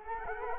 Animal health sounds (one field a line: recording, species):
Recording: mosquito wingbeat signal from an infrared sensor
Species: Culex quinquefasciatus